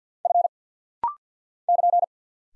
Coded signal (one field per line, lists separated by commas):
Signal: Morse code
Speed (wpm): 50 wpm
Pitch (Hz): 700 Hz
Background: none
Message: F <KN>